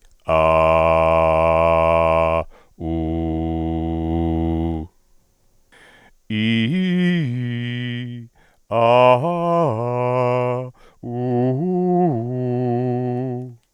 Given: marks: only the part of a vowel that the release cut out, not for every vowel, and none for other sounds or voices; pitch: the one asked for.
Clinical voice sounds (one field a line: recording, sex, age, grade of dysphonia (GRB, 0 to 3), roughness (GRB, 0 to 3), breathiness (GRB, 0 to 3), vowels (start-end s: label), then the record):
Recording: sustained vowels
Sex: male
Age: 60 to 69 years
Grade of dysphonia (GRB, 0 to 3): 1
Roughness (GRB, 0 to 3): 1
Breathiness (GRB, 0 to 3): 0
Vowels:
0.45-2.21 s: vowel /a/, low pitch
2.97-4.07 s: vowel /u/, low pitch
6.42-7.93 s: vowel /i/, low-high-low pitch
8.87-10.42 s: vowel /a/, low-high-low pitch
11.27-13.21 s: vowel /u/, low-high-low pitch
From the record:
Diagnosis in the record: hyperfunctional dysphonia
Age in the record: 61 years